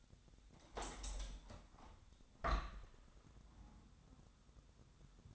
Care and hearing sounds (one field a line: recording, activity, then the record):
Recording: daily activity, microphone in the room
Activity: open window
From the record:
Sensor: 3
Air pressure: 1006.6 hPa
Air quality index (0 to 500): 207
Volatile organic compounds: 19 ppm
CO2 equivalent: 2640 ppm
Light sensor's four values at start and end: 10/24/10/10 and 10/24/10/10